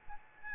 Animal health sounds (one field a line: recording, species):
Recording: mosquito wingbeat signal from an infrared sensor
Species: Aedes albopictus